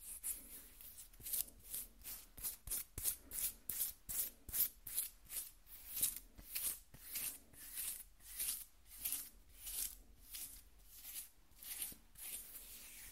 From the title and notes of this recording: ASMR Skin Scratching 1 Hour (No Talking).